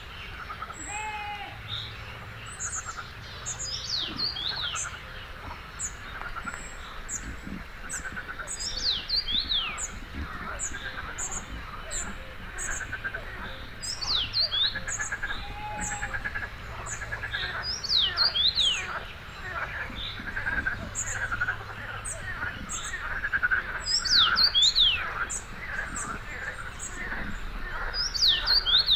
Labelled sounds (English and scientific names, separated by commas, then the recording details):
Common Rosefinch (Carpodacus erythrinus) song
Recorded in the wild
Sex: male
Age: adult
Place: Gartz (Oder), Nationalpark Unteres Odertal, Brandenburg, DE
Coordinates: 53.1485, 14.3622
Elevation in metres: 1
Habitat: wetland
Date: 2014-05-21 05:17
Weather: cloudy, 10°C, almost windless
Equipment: Sound Devices 702, Sennheiser MKH 70, Rycote Windschutz
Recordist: Frommolt, Karl-Heinz